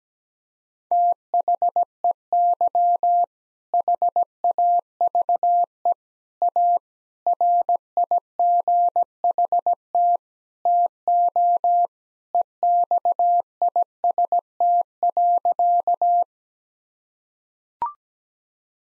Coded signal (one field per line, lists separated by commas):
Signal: Morse code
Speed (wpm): 17 wpm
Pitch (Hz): 700 Hz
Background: none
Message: THEY HAVE A RIGHT TO EXIST.